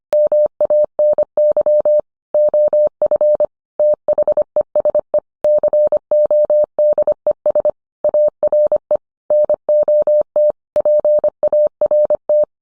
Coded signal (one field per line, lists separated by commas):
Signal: Morse code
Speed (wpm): 25 wpm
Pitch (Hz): 600 Hz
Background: none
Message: MANY OF THESE CODES ARE NOT PART